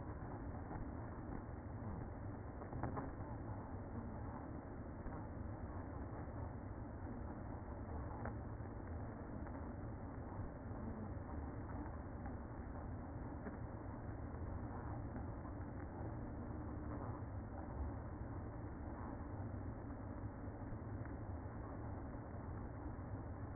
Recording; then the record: honeybee colony, microphone inside the hive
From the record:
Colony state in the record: queen present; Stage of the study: after two queens were removed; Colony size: about 60,000 bees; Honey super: yes